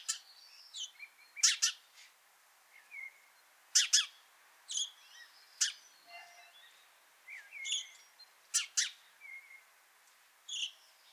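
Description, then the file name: House sparrow chirps, loud paired notes mixed with softer twittering calls throughout. "Passer domesticus"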